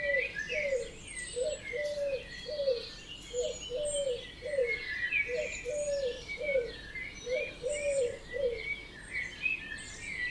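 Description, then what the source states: Birds singing together at dawn, a low cooing phrase repeated over and over beneath many overlapping high chirps, trills and whistles. Dawn chorus at 4 am in Oberhofen, Inntal valley, Austria; binaural recording made for headphone listening.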